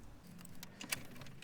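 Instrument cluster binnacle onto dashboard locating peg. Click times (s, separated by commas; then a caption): 0.9 s. The passenger side of a plastic instrument cluster binnacle on a Cobalt/Pontiac steering column is pushed back onto its dashboard locating peg. Several small, sharp plastic clicks are heard, the loudest at 0.9 s. The binnacle seats on the peg.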